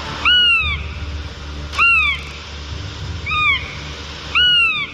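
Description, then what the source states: Northern Goshawk wailing call: four clear, plaintive notes, each about half a second long, falling in pitch at the end. One of the goshawk's couple of different sounds, described as a plaintive wail.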